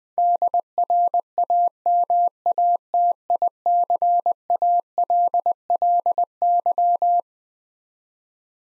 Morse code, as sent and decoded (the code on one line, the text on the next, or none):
-.. .-. .- -- .- - .. -.-. .- .-.. .-.. -.--
DRAMATICALLY